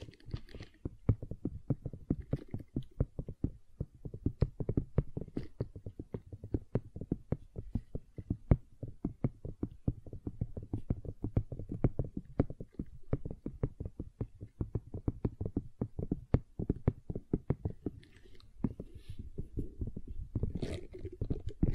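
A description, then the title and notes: Gentle silicone sounds made of rapid soft taps and squishes, a dense, fairly regular stream of short dull thuds that stays low and muffled throughout. A few brighter crinkly bursts appear near the end, around eighteen and twenty-one seconds. ASMR Gentle Silicon Sounds for Sleep (No Talking).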